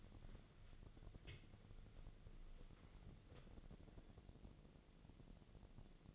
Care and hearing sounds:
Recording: daily activity, microphone in the room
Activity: wipe stove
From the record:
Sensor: 4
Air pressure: 1001.2 hPa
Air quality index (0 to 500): 186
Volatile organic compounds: 3 ppm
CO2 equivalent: 1332 ppm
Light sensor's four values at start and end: 14/32/13/14 and 14/31/13/14

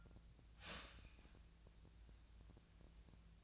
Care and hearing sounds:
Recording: daily activity, microphone in the room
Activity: start toaster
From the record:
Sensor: 2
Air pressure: 1009.3 hPa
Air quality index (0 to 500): 187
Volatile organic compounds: 12 ppm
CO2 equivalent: 2324 ppm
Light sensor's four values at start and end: 23/57/24/26 and 23/57/24/26

